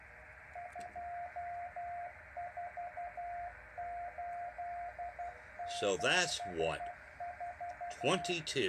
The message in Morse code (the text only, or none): 24874